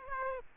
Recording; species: mosquito wingbeat signal from an infrared sensor; Aedes aegypti